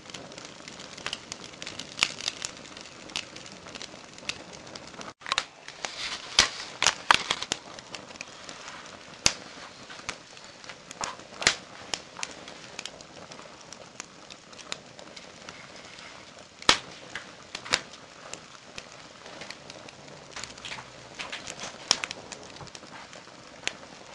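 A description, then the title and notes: Flames crackle and pop steadily over a soft rushing hiss, with sharp louder snaps every few seconds and a brief dropout near five seconds. The crackling, flickering firelight. The crackling and popping of the flames.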